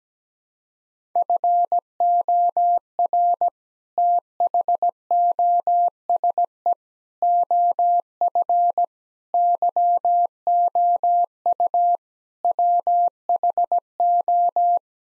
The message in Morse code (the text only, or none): FOR THOSE OF YOU WHO